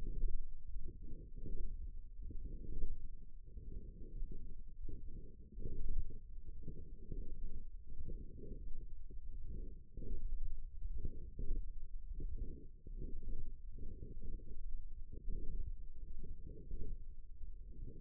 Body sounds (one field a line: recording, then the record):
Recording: forearm muscle sounds (acoustic myography)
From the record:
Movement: radial deviation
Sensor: system 1, eight BSWA MPA416 microphones around the upper forearm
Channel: 7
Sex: female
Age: 21 years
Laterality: right